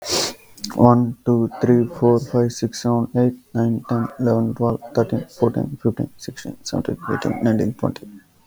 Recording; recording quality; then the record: counting at a normal pace; excellent, no background noise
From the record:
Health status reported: healthy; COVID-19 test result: negative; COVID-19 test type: RT-PCR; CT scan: not taken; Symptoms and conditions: cold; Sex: male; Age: 20 years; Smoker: no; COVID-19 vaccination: both doses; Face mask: worn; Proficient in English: yes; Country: India